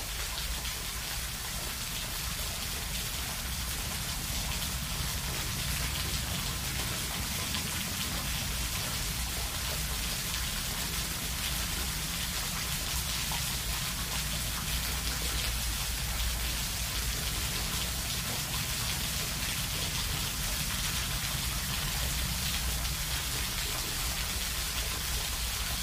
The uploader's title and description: Waterfall in a Cave. A small pool of water with a waterfall flowing into it